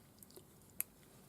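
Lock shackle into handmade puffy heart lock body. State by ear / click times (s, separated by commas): seated / 0.8 s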